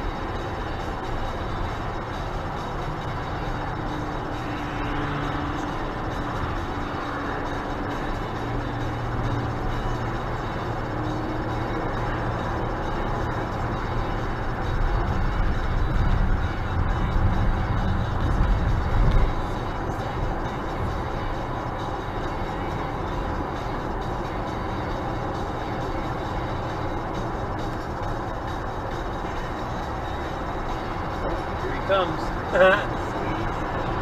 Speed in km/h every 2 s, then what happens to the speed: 94, 94, 94, 95, 95, 95, 96, 97, 99, 99, 99, 99, 99, 99, 97, 98, 99.
0-34 steady at about 97.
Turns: none.